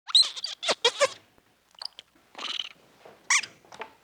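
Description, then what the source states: Monkey chirps and squeaks: a fast cluster of loud notes at the start, then scattered softer chattering bursts. Chattering and chirping, tiny chit-chat.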